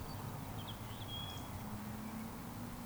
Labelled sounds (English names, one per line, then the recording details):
Eurasian Woodcock whistle
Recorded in Baden-Württemberg, Germany, on 13 June 2020 at 19:46 UTC
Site 14569, 102 m above sea level